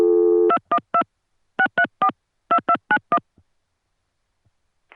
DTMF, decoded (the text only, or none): 212 634 2291